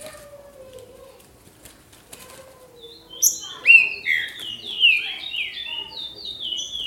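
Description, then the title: Green-winged saltator song: about three seconds of quiet with a faint low tone, then a loud run of whistled, swooping notes. "Trinca Ferro"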